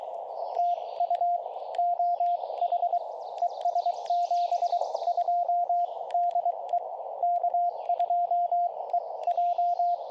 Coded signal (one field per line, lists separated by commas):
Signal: Morse code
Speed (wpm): 23 wpm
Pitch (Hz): 700 Hz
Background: radio noise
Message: TU OH ES 72 DE K2E J